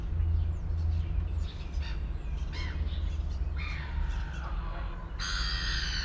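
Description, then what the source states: Gull calls, several brief nasal squawks scattered through, then a bright harsh burst at the end, over a steady low hum. Recorded at Port Chalmers in 2018.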